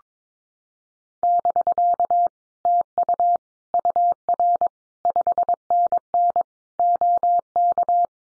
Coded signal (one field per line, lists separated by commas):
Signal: Morse code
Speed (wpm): 22 wpm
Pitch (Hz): 700 Hz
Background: none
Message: <BK> TU UR 5NN OK